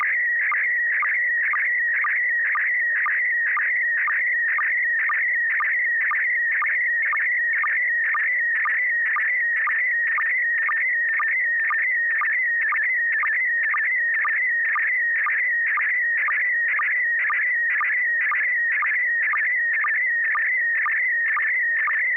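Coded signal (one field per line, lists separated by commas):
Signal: SSTV (slow-scan television)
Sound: warbling tone sweeping around 2 kHz with steady short low sync blips about twice a second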